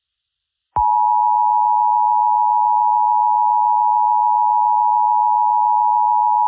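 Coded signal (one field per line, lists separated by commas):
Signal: Emergency Alert System (SAME) tones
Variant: 853 and 960 Hz attention tone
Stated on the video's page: Fictional Emergency Alert System scenario with SAME tones, about dragons.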